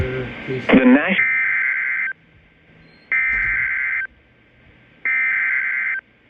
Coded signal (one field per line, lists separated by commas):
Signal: Emergency Alert System (SAME) tones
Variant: header bursts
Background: speech